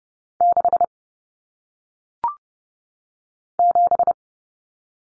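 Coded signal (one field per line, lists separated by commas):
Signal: Morse code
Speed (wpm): 30 wpm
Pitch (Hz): 700 Hz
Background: none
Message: 6 7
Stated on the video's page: Morse practice of single-digit numbers at 30 wpm, each sent, spoken, then sent again.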